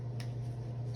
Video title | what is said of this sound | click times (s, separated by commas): Pipe Rocker - Olive Green Part 2, Tokonole and Rivet #leather #cabin #leathercraft #portagedleathers | Make sure that's perfectly in there. Go like there. And you can hear a little click. | 0.2 s